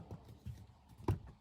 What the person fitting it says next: Clicks into place.